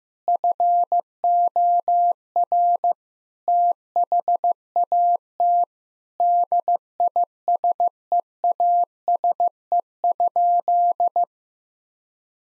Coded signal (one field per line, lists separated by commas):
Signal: Morse code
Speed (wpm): 15 wpm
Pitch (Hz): 700 Hz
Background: none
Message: FOR THAT DISEASE?